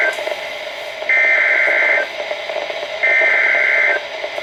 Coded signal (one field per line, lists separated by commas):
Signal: Emergency Alert System (SAME) tones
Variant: header bursts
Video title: A MIX OF APRIL HEADERS... EAS Alerts from 4/2-4/24 (EAS 11744-11782)